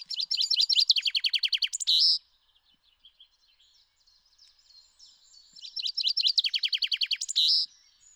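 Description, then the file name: Common chaffinch singing two full phrases, each a rapid descending rattle of sweet notes that ends in a quick flourish, with quiet twittering in the gap. "Fringilla coelebs"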